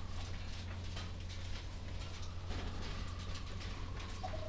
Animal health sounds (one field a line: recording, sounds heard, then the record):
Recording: poultry house recording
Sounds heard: healthy chickens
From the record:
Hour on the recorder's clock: 20